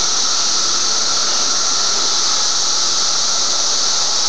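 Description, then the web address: Cicadas, a constant loud shrill hiss-like drone with no pauses or change in pitch. Recorded 23 May 2004. "fleur cicadas"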